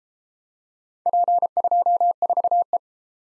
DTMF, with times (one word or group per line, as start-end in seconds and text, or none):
none